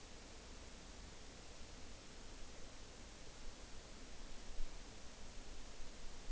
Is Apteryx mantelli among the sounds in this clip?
no